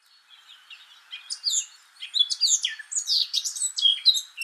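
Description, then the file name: Eurasian blackcap warbling, starting soft and building into loud, quick chirps and slurred whistled notes tumbling together in an energetic jumble. "Sylvia atricapilla"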